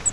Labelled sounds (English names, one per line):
Grace's Warbler flight call